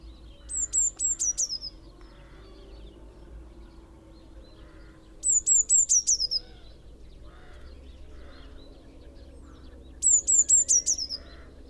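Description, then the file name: Eurasian blue tit calling, very high thin notes in a quick falling trill, the phrase repeated about every five seconds over a faint low background hum. "Cyanistes caeruleus"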